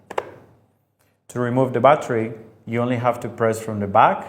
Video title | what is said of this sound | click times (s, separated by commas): Série V - FOTRIC - Guide d’utilisation - Caméra thermique infrarouge | Make sure to go all the way until you heal hear the click. | 0.1 s, 0.2 s